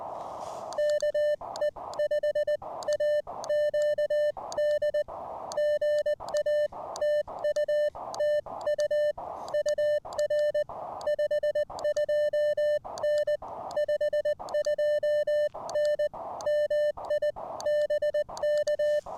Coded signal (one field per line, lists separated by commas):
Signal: Morse code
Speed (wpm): 20 wpm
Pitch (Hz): 600 Hz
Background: music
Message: KE5AQD GA TUTU UR 52N 52N MI BK